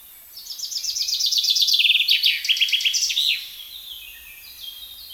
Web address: SETE Fringilla coelebs